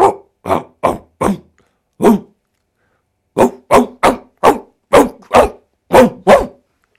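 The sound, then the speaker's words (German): A person imitates a dog barking to say goodbye in dog language, with a burst of four quick barks, a lone bark, then a pause before eight more rhythmic barks. The barks are loud and voiced, with no other talk. “Magst du dich vielleicht verabschieden, kurz in Hundesprache?”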